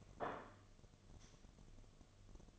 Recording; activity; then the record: daily activity, microphone in the room; place plate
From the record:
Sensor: 4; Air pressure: 1005.1 hPa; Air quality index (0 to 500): 183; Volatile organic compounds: 5 ppm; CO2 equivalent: 1802 ppm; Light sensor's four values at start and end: 5/11/4/4 and 5/11/4/4